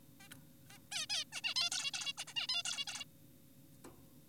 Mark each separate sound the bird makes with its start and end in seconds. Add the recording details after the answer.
0.20-0.29, 0.70-0.79, 0.92-1.06, 1.10-1.24, 1.33-1.41, 1.44-1.54, 1.56-1.70, 1.72-1.91, 1.94-2.13, 2.18-2.24, 2.28-2.34, 2.36-2.47, 2.49-2.63, 2.65-2.85, 2.87-3.04. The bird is an adult. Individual g4p5U